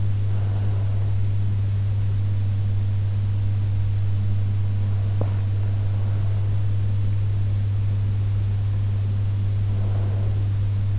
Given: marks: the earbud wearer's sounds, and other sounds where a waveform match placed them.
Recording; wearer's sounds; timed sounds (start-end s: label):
sounds in sleep by an in-ear microphone; breath
0.00-1.99 s: breath
8.99-10.99 s: breath